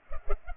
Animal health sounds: mosquito wingbeat signal from an infrared sensor; Culex pipiens

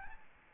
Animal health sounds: mosquito wingbeat signal from an infrared sensor; Aedes albopictus

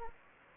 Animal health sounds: mosquito wingbeat signal from an infrared sensor; Anopheles gambiae

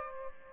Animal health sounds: mosquito wingbeat signal from an infrared sensor; Aedes aegypti

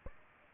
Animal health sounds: mosquito wingbeat signal from an infrared sensor; Aedes albopictus

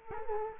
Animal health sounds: mosquito wingbeat signal from an infrared sensor; Culex quinquefasciatus

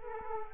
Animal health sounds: mosquito wingbeat signal from an infrared sensor; Culex quinquefasciatus

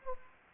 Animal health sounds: mosquito wingbeat signal from an infrared sensor; Anopheles gambiae

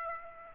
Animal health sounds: mosquito wingbeat signal from an infrared sensor; Aedes aegypti

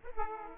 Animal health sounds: mosquito wingbeat signal from an infrared sensor; Aedes aegypti

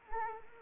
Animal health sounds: mosquito wingbeat signal from an infrared sensor; Anopheles arabiensis

